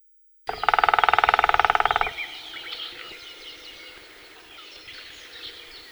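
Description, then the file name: European green woodpecker giving a fast, even laughing series of notes lasting under two seconds, followed by quiet background noise. "Djatel zelenyj"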